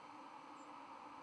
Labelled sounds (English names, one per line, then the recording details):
White-throated Sparrow flight call
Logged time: 02:30 on 5 November 2014